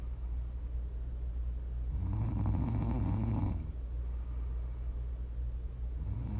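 An adult woman snoring in her sleep: two rough, rattling snores on breathing in, each about a second and a half long, roughly four seconds apart, with quiet breathing between them. This is ordinary sleep snoring from vibration of the soft tissues of the throat, offered as relaxing ASMR snoring.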